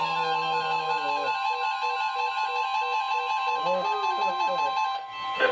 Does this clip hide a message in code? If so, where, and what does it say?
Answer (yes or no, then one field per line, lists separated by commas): no